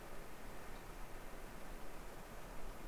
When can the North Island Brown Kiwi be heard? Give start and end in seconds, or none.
none